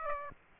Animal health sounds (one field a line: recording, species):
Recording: mosquito wingbeat signal from an infrared sensor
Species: Aedes aegypti